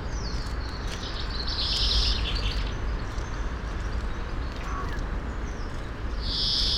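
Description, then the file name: European greenfinch with a long buzzy wheeze early on and another at the close, a faint short trill between, all over a low droning rumble. "Chloris chloris"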